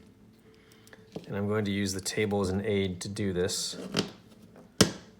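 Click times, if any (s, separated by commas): 4.8 s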